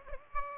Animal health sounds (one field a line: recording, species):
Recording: mosquito wingbeat signal from an infrared sensor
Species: Aedes aegypti